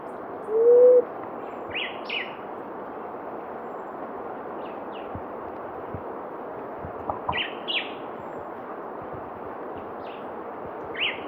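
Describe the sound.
Blue-headed quail-dove: one short low rising hoot near the start, then scattered high chirps, over steady background hiss.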